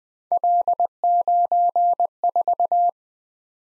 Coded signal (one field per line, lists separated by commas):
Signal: Morse code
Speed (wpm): 20 wpm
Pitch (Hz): 700 Hz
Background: none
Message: L94